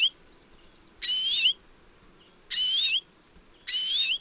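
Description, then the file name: European greenfinch wheezing repeatedly, a rough nasal buzz rising at its end, three full calls plus a clipped one at the start. "Chloris chloris"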